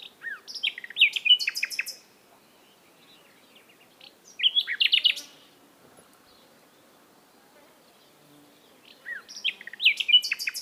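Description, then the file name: Common nightingale singing three separate phrases of varied whistles and chirps, with silent gaps of a few seconds between them. "Luscinia megarhynchos"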